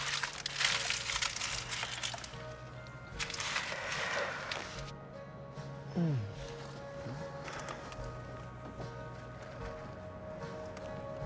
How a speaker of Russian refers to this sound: Хала жадно откусывает два куска и комкает обертку.